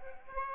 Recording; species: mosquito wingbeat signal from an infrared sensor; Aedes aegypti